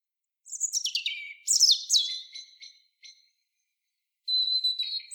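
European robin singing a rapid, high, sparkling phrase of descending slurred notes and thin trills, then a brief pause before another thin, wavering whistled phrase begins.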